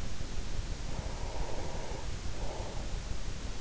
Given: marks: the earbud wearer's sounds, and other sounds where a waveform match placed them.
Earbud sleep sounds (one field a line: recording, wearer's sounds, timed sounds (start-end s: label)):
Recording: sounds in sleep by an in-ear microphone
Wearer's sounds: breath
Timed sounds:
0.63-3.42 s: breath